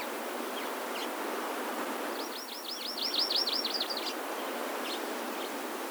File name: Hawaii Amakihi